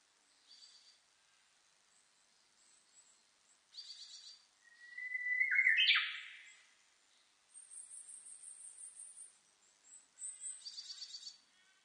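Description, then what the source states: Japanese bush warbler song: a long steady whistle that breaks into a sharp, rising flourish, with thin high chirps from other birds before and after. Recorded 16 April 2005.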